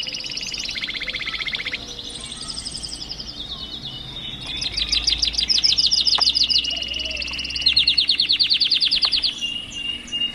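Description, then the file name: Atlantic canary: songbird delivering fast, rolling trills and rattling phrases at a high pitch, switching pattern every few seconds, with a constant low background hum. Canaries singing together as a group (ombyokan). "kenari ombyokan omkicau"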